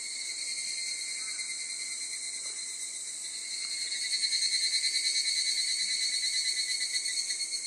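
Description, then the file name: Evening cicada singing a steady high shrill drone that turns into a regular, rapidly pulsed rhythm in the second half. "kanakana"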